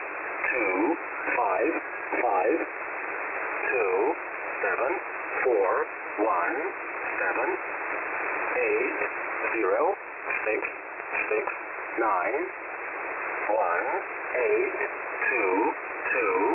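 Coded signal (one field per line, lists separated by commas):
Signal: numbers station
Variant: E07a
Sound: short, evenly spaced spoken words through narrow sideband radio audio with hiss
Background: radio static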